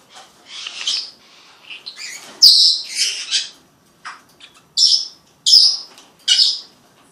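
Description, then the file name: Senegal parrot making a run of shrill squawks, loud bursts with fainter chatter between them. Senegal parrot talking. "senegalskij popugaj govorit"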